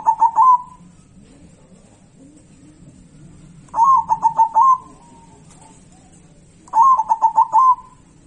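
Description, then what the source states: Zebra dove cooing song: three bursts of rapid, pulsed, tremulous coos near one pitch, each about a second long and spaced roughly three seconds apart, with a low steady hum underneath. Local zebra dove.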